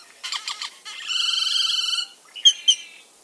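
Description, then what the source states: Great-tailed Grackle calls: a few sharp clicking notes, then a long, even, buzzy rattle lasting about a second, ending with two bright squeaky whistles. Also known as the Mexican Grackle.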